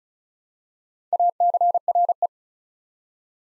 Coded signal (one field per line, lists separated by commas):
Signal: Morse code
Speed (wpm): 36 wpm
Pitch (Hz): 700 Hz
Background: none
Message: ACRE